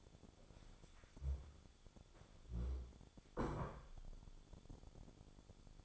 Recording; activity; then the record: daily activity, microphone in the room; stand up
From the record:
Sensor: 5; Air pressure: 1015.4 hPa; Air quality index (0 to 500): 174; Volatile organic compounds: 6 ppm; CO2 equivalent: 1891 ppm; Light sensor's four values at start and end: 36/83/33/32 and 36/83/33/32